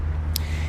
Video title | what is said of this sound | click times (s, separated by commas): Электросамокат E twow Booster | stem folds up and then there's that red thing that kind of clicks into place and now | 0.4 s